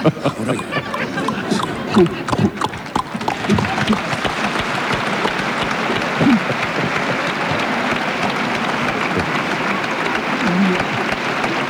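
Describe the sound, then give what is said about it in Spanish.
Quick, irregular clatter of horse hooves rings out at first, then gives way to a steady, loud rolling rumble of a horse-drawn carriage's wheels approaching at night, carrying on without a break. “Sonido inequívoco e inquietante de un carruaje creció de pronto en la noche.”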